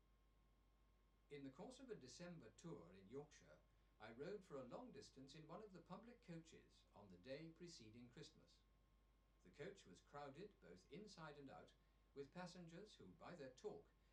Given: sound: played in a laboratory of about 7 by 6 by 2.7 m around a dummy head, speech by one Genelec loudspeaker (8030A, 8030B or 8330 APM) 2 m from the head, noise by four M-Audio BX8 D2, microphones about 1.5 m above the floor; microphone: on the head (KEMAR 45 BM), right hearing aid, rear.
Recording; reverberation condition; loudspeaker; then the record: male speech in English; low; 150 degrees to the left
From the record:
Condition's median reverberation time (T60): about 310 ms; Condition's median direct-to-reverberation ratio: about 3.5 dB